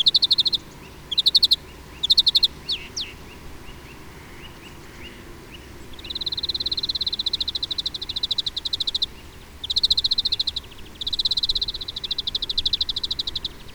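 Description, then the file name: Greenfinch giving quick chirps, then long rapid rattling trills that run for several seconds with brief breaks, high and even in pitch. "Chloris chloris"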